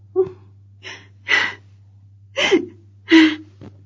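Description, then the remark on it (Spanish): Muffled, stifled sobbing: four breathy, gasping catches of breath spaced about a second apart, some ending in a short low whimper, with no words spoken. “A medida que fue aproximándose, oyó como un llanto contenido.”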